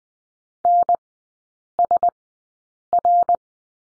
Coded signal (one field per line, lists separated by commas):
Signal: Morse code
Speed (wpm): 20 wpm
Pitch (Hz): 700 Hz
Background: none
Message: NSR